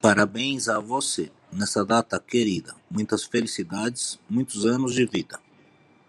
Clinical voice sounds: short text; Brazilian Portuguese; male; 40 to 49 years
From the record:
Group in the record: control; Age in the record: 49 years

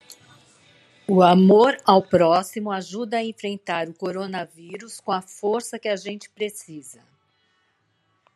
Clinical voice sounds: spoken sentence; Brazilian Portuguese; female; 60 to 69 years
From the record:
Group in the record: control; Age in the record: 62 years

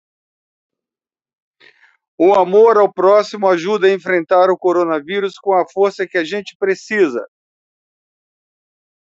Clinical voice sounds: spoken sentence; Brazilian Portuguese; male; 70 to 79 years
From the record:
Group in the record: control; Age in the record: 70 years

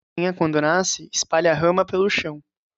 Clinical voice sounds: short text; Brazilian Portuguese; male; 20 to 29 years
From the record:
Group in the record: control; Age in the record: 24 years

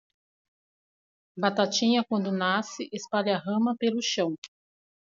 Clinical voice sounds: short text; Brazilian Portuguese; female; 40 to 49 years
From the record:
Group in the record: control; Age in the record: 48 years

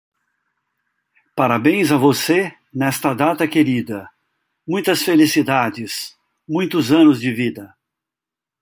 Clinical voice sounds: short text; Brazilian Portuguese; male; 60 to 69 years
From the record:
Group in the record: control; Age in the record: 62 years

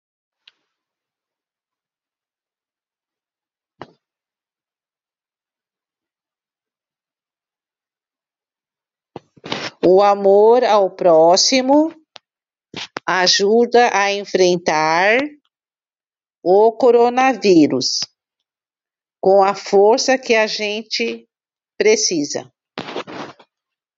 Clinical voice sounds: spoken sentence; Brazilian Portuguese; female; 50 to 59 years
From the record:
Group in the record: control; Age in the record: 55 years

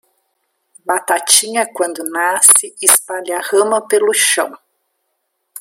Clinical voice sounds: short text; Brazilian Portuguese; female; 60 to 69 years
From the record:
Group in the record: control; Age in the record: 60 years

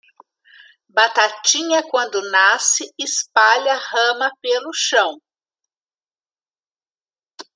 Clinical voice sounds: short text; Brazilian Portuguese; female; 60 to 69 years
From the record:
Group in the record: control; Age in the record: 61 years

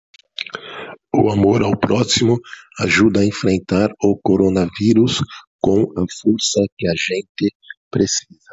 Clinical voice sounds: spoken sentence; Brazilian Portuguese; male; 50 to 59 years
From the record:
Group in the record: control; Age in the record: 55 years

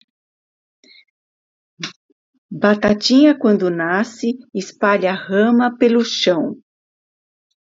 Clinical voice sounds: short text; Brazilian Portuguese; female; 60 to 69 years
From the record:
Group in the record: control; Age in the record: 60 years

